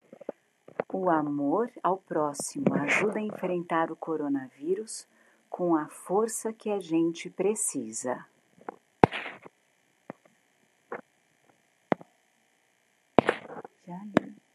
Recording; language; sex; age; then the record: spoken sentence; Brazilian Portuguese; female; 50 to 59 years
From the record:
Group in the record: control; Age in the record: 57 years